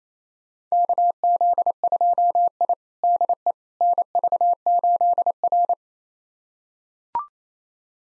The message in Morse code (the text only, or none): KZ2I DE NV8R